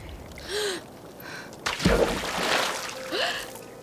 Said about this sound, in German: Da sprang Pelle in das eisige Wasser, machte ein paar Bewegungen und versank.